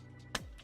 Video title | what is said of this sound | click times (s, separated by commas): The Tuesday Build Show - E369 - We are building a pc together! | push it down and you hear it click in and then just the two screws here got it | 0.4 s